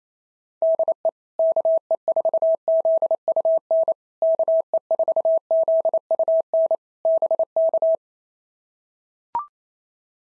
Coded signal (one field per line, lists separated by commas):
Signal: Morse code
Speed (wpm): 28 wpm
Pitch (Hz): 650 Hz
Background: none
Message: DE KE4ZUN KE4ZUN BK